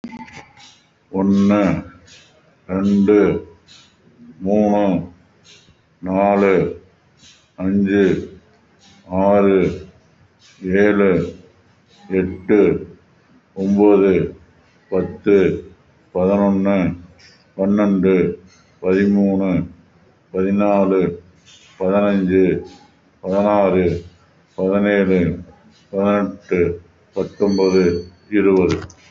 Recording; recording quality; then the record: counting at a normal pace; excellent, no background noise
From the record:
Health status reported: respiratory illness, not identified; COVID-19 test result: negative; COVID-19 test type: RT-PCR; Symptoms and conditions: breathing difficulty, fatigue, another respiratory illness, hypertension, diabetes, another condition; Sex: male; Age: 55 years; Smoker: yes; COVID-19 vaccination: both doses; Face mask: worn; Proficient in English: yes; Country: India